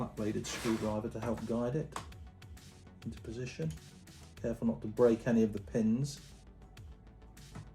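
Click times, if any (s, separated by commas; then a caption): none. A small JST-style wire connector is handled and guided with a flat-bladed screwdriver toward its socket on a laptop board, with care taken not to break its pins. Someone talks over background music while a few faint taps and light handling sounds are heard. Nothing has seated or clicked yet.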